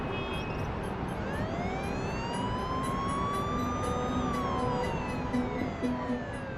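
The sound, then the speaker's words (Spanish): Emergency sirens sounding among the housing units in Cali on the night of 21 November wail steadily, their pitch slowly rising and falling in long sweeps over a constant rumble of background noise, with no voices heard. “Y como yo tengo entrada por doble lado, están, mejor dicho, las sirenas suenan en las unidades.”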